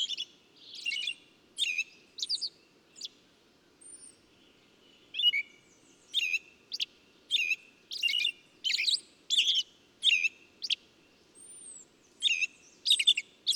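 Songbird singing busy, high chirping phrases in rapid succession, each burst a cluster of sharp tweets, with occasional faint thin whistles between them.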